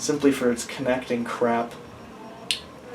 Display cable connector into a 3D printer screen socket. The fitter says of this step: There we go. I heard a little little click.